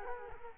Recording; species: mosquito wingbeat signal from an infrared sensor; Culex quinquefasciatus